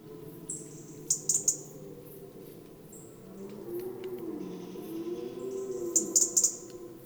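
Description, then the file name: European robin with two clusters of high, clicking tick notes, one early and one near the end, separated by a gentle low wavering background. "Erithacus rubecula"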